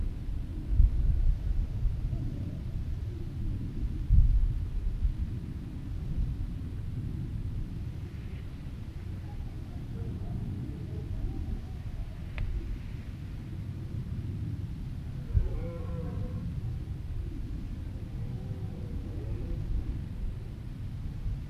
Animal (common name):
Red Deer